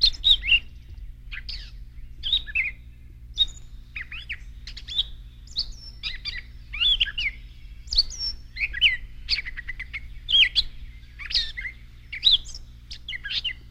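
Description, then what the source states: Gray catbird song: a long, jumbled run of squeaky, varied short phrases and chirps with small gaps between them, continuing without any set pattern. Normal song, composed of squeaky sounds that are attempts to mimic other birds.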